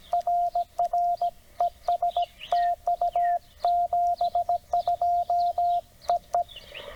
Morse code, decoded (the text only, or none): RR ES TU 72 EE